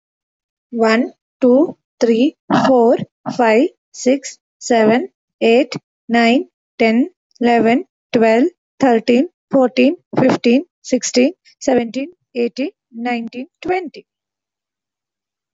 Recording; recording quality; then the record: counting at a normal pace; excellent, no background noise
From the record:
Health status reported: healthy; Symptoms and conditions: none ticked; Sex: female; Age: 40 years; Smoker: not ticked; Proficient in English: no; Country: India